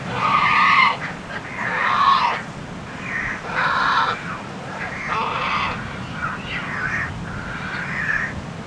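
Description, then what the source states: Pelican calls: a run of harsh, hoarse, squealing bursts roughly every second, loud at first and growing softer, over a constant low rumble. Soundscape of a pelican nesting colony on Isla Iguana, October 2005.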